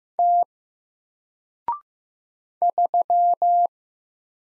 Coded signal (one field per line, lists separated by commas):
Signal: Morse code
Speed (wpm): 15 wpm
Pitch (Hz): 700 Hz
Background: none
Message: T 3